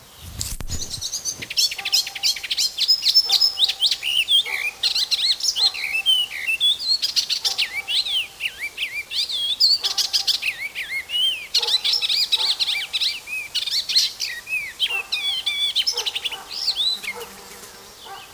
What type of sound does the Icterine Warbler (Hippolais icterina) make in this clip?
song